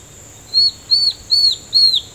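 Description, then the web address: Yellow-browed antbird calls: four clear high whistled notes, each slightly arched then dropping at the end, spaced about every half second. "sound Yellow-browed-antbird. دانلود-صدای-پرنده-مورچه-مرغ-ابرو-زرد"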